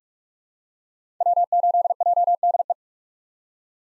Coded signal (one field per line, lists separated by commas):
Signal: Morse code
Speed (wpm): 46 wpm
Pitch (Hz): 700 Hz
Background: none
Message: W8JDE